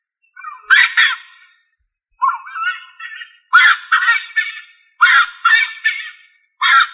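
Rail calling with harsh, buzzy honks, doubled and tripled notes repeated about every one and a half seconds, the final burst cut short.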